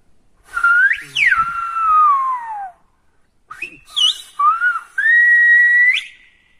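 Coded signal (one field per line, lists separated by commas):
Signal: whistled language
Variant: Silbo Gomero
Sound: a loud human whistle gliding up and down in several phrases with brief pauses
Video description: These videos are from the Canary Islands with the well-known whistling proponent Rogelio Botanz uttering the song-titles from the album "Voider Perspectives".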